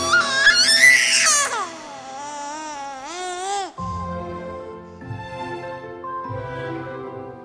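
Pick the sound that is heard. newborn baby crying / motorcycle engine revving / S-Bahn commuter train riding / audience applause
newborn baby crying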